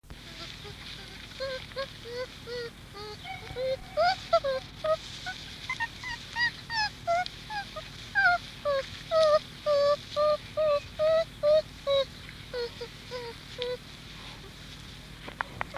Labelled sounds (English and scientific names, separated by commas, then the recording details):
Chimpanzee (Pan troglodytes) call
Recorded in captivity
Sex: female
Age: juvenile
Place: Tierpark Berlin, Berlin, DE
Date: 1966-06-09
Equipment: Englisches Reportergerät, Kopie Qualiton
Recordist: Altmann, Dagmar